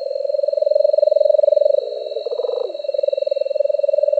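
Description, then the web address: Nightjar giving a continuous rattling churr that briefly dips lower and shifts in pitch near the middle before resuming its steady purr, with a faint constant high tone behind. Recorded on 18 May 2005. "Nightjars 051805. deviche"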